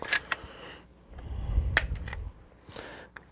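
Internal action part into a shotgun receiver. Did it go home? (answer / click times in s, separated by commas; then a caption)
yes / 1.8 s. During reassembly of a Remington Sportsman 74 semi-automatic shotgun being worked on for ejection problems, an internal action part that was not fully in is worked into the receiver. Light metallic taps come at about 0.2 s and 0.3 s, then a low rumbling of pushing and working from about 1.1 to 2.3 s. The part goes all the way home with a sharp metallic knock at 1.8 s, followed by a few softer clicks around 2.1 s and 2.7 s.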